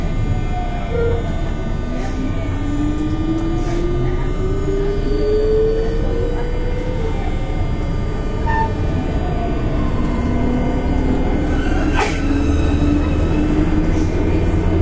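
A JR West 201 series train runs along the Osaka Loop Line, its steady low rumble filling the whole stretch. Motor whine tones glide upward and downward across it, with a brief sharp click near the twelve-second mark.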